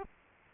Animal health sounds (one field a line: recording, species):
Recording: mosquito wingbeat signal from an infrared sensor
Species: Culex quinquefasciatus